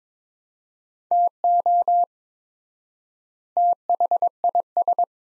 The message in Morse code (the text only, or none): TO THIS